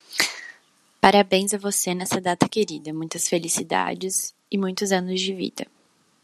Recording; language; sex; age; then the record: short text; Brazilian Portuguese; female; 20 to 29 years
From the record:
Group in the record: control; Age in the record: 25 years